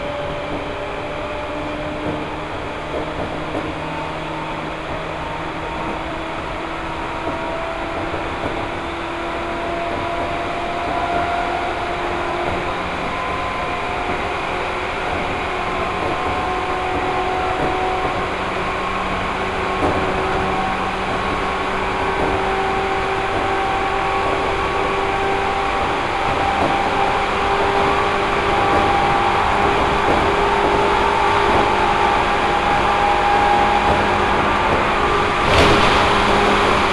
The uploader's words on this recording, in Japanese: 西武池袋線普通 池袋→清瀬。最初に乗ったのは普通列車の小手指行きで。